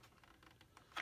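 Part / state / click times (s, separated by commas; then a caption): plastic wall/window piece into toy building playset frame / seated / 1.0 s. A plastic front window piece of a Playmobil Ghostbusters 9219 Firehouse Headquarters playset is slid in from the side and pushed into the toy building's frame. Faint soft taps and rubs precede a sharp, louder snap at 1.0 s as the piece clicks into place and is seated.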